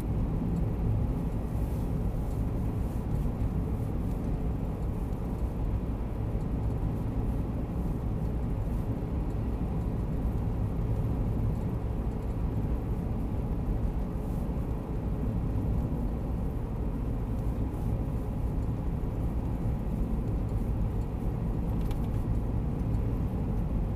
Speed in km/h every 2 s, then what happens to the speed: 57, 58, 59, 57, 58, 58, 59, 58, 58, 56, 56, 56.
0-24 steady at about 58.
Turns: none.